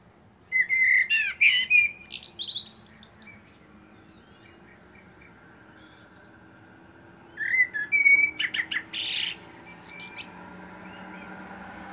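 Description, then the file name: Common blackbird sings two phrases several seconds apart, each mixing rich flute-like whistles with a burst of thin, squeaky high twitters, with quiet hiss between them. "Turdus merula"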